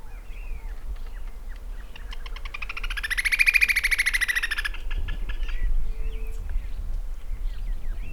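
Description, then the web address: Great xenops giving one drawn-out, harsh rattling call that swells and then fades, with faint bird chirps and a low background hum. "great xenops. صدای-پرنده-درفش-نوک-بزرگ"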